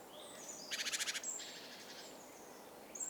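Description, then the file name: Great tit churring call, a rapid harsh rattle of about eight buzzy pulses lasting half a second, with thin high whistles before and after. "Parus major"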